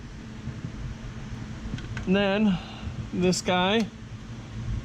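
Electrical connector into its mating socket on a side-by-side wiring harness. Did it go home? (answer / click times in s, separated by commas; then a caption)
no / none. An electrical connector is handled next to its mating socket on a Polaris Pro R side-by-side's wiring harness, with faint brief ticks near 1.8 and 2.0 seconds over a steady low background hum. Someone talks during the clip. Nothing has seated or clicked yet.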